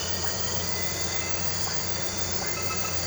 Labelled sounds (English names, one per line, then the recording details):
none
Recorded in pastures near Puerto Asís, Putumayo, Colombia, on 9 March 2025 at 23:30
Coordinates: 0.466, -76.322
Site CSA-02